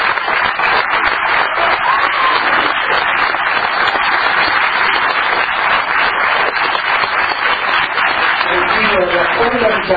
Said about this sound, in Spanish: y le agradecemos, un aplauso para ellas, que ha sido la organizadora.